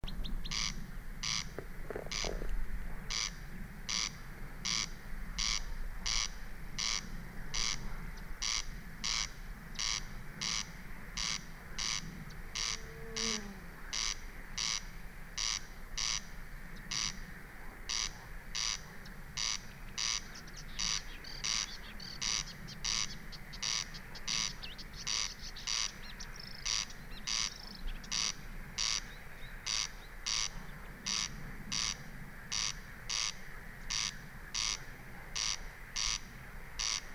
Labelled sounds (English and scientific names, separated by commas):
Corn Crake (Crex crex)